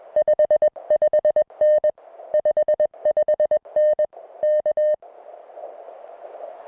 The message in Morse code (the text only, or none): 55N 55N K